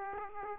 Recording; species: mosquito wingbeat signal from an infrared sensor; Aedes aegypti